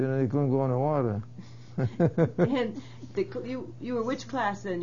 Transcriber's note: he laughs